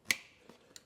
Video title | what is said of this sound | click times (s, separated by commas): REBUILDING MY CRASH DAMAGED MK3 VOLKSWAGEN TOUAREG R LINE CR FROM COPART PT2 | if you see that clip just there so that Clips in you'll hear it click | 0.1 s